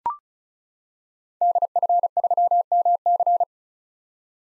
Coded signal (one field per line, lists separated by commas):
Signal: Morse code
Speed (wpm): 36 wpm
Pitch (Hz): 700 Hz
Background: none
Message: DF3MC